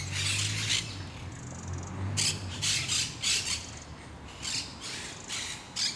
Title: Parc de Forest, 1060 Saint-Gilles, Belgique - Parakeets - Perruches